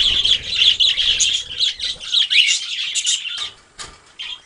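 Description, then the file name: Budgerigar chattering, busy high warbled chirps for about three seconds, then thinning to a few separate short bursts, over faint low rumble. A flock of parakeets calling together. "suara parkit rombongan. omkicau"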